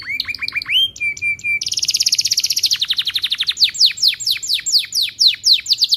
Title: Kenari Gacor Cengkok Terbaik Isian Paling Mewah